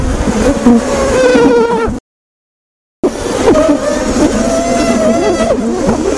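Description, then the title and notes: Honey bees producing a harsh, wavering buzzing drone with shifting tones, split by a brief silent gap. Bee colony under attack by giant hornets. "Lyd fra bier når kolonien ble angrepet av kjempeveps. by forskningno"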